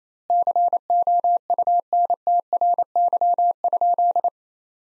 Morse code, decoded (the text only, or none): COUNTRY?